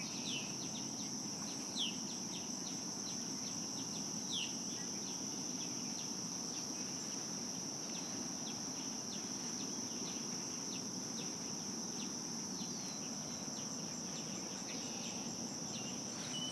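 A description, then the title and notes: Dawn at a marsh, filled with a steady high insect drone that holds unbroken across the whole recording. Short bird chirps and calls dot the middle register every second or so, while a low, even rumble of noise sits underneath throughout. Dawn Soundwalk at Dyke Marsh. 30 seconds at 7 stops at Dyke Marsh Wildlife Preserve (a unit of the NPS George Washington Memorial Parkway). With iPhone 6, using a RODE app, edited in Audacity and mixed in Adobe Audition.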